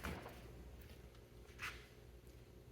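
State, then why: Not seated. A replacement flipper link is handled on the flipper plunger/crank assembly of a Gottlieb Bank Shot pinball machine, about to be pushed onto its pin as a tight fit. A short knock at 0.05 s and a brighter scraping rustle near 1.6 s sit over a steady low hum. Nothing has seated or clicked yet; the link is not yet home.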